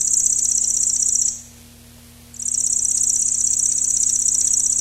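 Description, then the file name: Lanceolated warbler reeling song, a very high, fast, insect-like trill that runs steadily, breaks off for about a second, then resumes unchanged. "Llanciolata"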